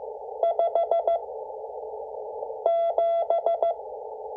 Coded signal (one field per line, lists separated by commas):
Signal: Morse code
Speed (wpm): 14 wpm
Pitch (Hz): 670 Hz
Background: none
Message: 57